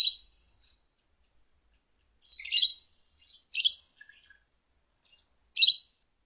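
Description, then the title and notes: Lovebird chirps: harsh, squawky high bursts spaced about a second or more apart, with faint soft twitters in between. Ngekek song style of a lovebird, used as a bait song (kicau pancingan) to prompt other lovebirds to sing. "Master Kicau Lovebird ngekek, kicau pancingan"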